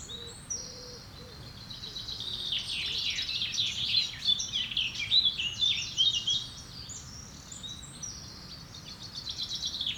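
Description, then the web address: Birds singing in chorus, high twittering and warbled notes building to a louder stretch midway, with steady low background noise underneath. Woodland setting. "Effects 02-Birds, Insects Animals. Birds woodland"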